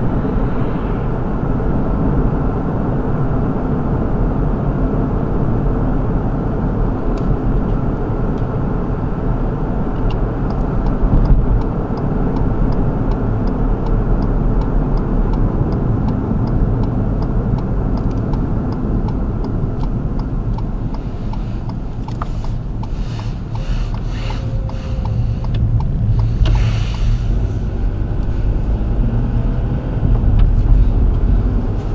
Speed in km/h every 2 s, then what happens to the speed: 56, 58, 56, 56, 55, 55, 55, 52, 44, 39, 27, 18, 16, 18, 24, 32.
0-14 steady at about 55. 14-23 brakes to 16. 26-32 speeds up to 32.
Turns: 22-26.